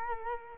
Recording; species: mosquito wingbeat signal from an infrared sensor; Culex quinquefasciatus